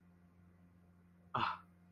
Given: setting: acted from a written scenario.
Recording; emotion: vocal sound without words; contempt